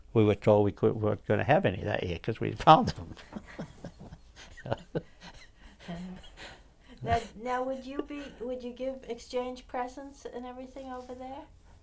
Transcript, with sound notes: we would told we couldn't, weren't gonna have any that year cause we found them. (both laugh)
Now would be, would you give, exchange presents and everything over there?